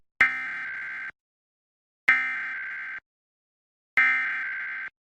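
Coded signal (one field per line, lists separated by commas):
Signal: Emergency Alert System (SAME) tones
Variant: header bursts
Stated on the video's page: Pennsylvania Required Monthly Test received as a real broadcast.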